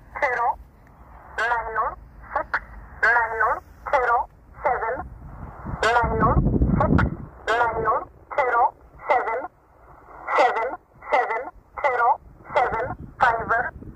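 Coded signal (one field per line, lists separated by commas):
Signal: numbers station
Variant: E11 Oblique, English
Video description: 13363 kHz USB - E11 'Oblique' Numbers Station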